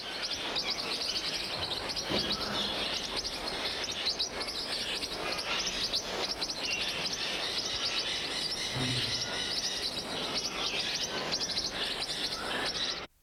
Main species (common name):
Yellow-faced Parrotlet